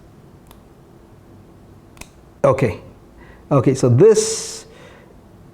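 A folding tool is closed on a metal handle of a SOG PowerPint multi-tool so that it locks into place for use. Two sharp, short clicks are heard at about 0.5 and 2.0 seconds, the second louder, and then someone talks. The tool is locked into place at 2.0 seconds.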